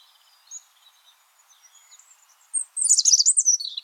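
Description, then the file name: European robin singing soft, thin high notes that give way to a loud, rapid burst of warbling trills. "Erithacus rubecula"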